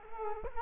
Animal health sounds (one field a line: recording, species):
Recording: mosquito wingbeat signal from an infrared sensor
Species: Culex quinquefasciatus